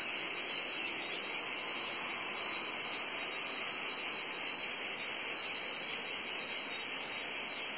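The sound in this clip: Cicada drone, high and unbroken, blended with a rushing hiss that fills the lower range throughout.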